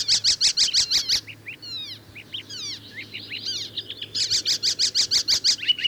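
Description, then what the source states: Icterine Warbler song: rapid runs of high repeated notes, then varied buzzy slurred and whistled phrases, ending in another fast repeated series. Migrant arriving in Finland late in May; found in lush parks of southern and central Finland; has its own motifs but also borrows from other birds; a daytime singer.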